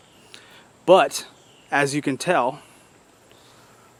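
The retention strap on the sheath of a Tops Silent Hero fixed-blade knife snaps shut with a sharp click at 0.4 s, followed by someone talking. The knife only feels seated: the lanyard hole catches, so it is not fully in the sheath.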